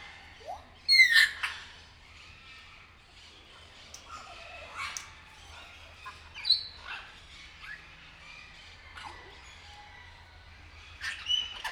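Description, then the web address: Grey parrot giving a bright whistle early on, then scattered short squawks and clicks with quiet spells between them. Captive bird at Nyíregyháza Zoo, recorded in 2019; longer recording. "allathangok nyiregyhazizoo 2019 professzionalis jako papagaj hosszabban nyiregyhaza"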